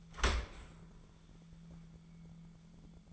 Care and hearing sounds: daily activity, microphone in the room; open dishwasher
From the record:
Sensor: 5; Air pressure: 1015.1 hPa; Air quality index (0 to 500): 156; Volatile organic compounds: 4 ppm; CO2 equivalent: 1680 ppm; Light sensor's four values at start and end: 37/87/35/36 and 38/90/37/39

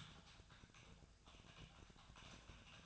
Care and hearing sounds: daily activity, microphone in the room; typing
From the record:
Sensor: 2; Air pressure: 999.1 hPa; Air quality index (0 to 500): 207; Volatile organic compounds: 35 ppm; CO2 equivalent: 3066 ppm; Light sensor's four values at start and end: 7/17/6/7 and 7/17/6/7

